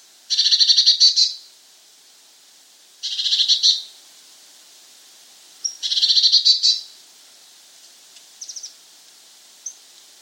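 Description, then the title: Eurasian blue tit giving three loud buzzy churring rattles a few seconds apart, followed by fainter high thin notes. "Gelatikbt. Eurasian Blue Tit (Cyanistes caeruleus)"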